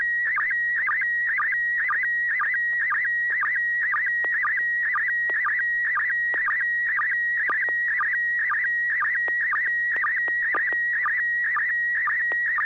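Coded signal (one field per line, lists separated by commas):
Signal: SSTV (slow-scan television)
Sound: steady whistling tone warbling slightly, with short low chirps about twice a second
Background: low hum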